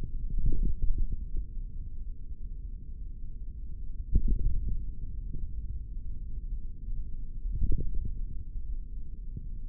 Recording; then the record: forearm muscle sounds (acoustic myography)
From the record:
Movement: tripod grip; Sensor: system 3, bracelet of six PUI Audio POM-2738L microphones around the upper forearm, with dedicated amplification and filtering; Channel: 4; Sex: male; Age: 23 years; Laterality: right